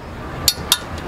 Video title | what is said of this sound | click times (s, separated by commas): Crosswing Install - Product Education | go and click these back down | 0.5 s, 0.7 s